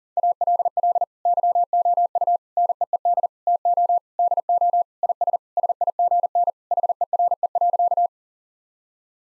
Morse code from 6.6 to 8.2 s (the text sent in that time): HERE.